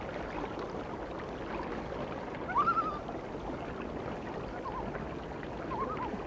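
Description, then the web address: Loon tremolo: one brief rapid quavering burst midway, with faint wavering notes later against a steady hiss. "A Természet hangjai - Madárdal Sounds of Nature - Cry of the Loon"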